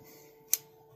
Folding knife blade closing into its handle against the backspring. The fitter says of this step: doesn't snap in but it's getting there.